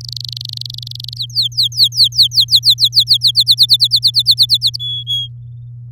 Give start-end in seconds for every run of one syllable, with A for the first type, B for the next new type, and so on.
0.01-1.18 A, 1.18-3.31 B, 3.35-4.76 C, 4.79-5.28 D